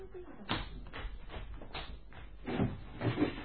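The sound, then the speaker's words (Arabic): A door swings shut with a single dull thud, followed by a few softer knocks and shuffling, then brief murmured voices near the end. “لماذا أغلقت الباب؟”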